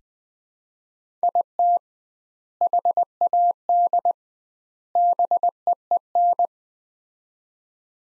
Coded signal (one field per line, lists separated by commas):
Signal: Morse code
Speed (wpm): 20 wpm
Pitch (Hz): 700 Hz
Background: none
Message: IT HAD BEEN